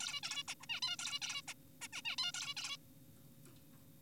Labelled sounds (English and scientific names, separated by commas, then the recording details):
Zebra Finch (Taeniopygia guttata)
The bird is an adult
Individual g4p5U